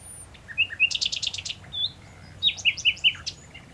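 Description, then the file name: Common nightingale singing a short phrase: a few whistled notes, a rapid burst of buzzy clicks, then loud liquid chirping notes; faint background hum. "Luscinia megarhynchos"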